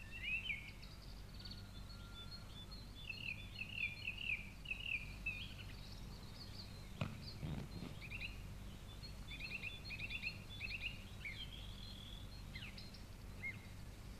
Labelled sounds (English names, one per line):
Song Thrush song